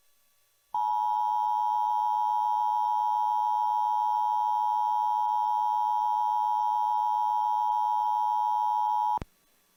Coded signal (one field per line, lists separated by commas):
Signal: Emergency Alert System (SAME) tones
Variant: 853 and 960 Hz attention tone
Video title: EAS Required Monthly Test Pennsylvania Statewide Test +WeatherSTAR4000 (WCPA)